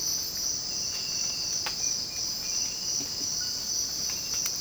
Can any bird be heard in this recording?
yes